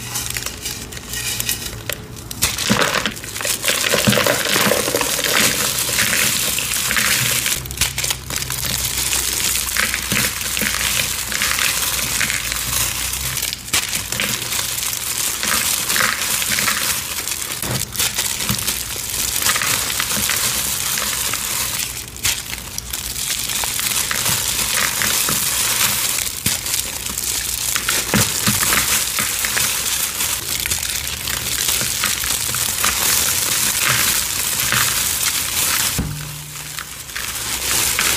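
A crisp chalk slab is crushed and crumbled into a bowl, producing a dense, continuous crackle and crunch that stays bright for nearly the whole stretch. Brief pauses occur near the start and end, with a faint low hum underneath.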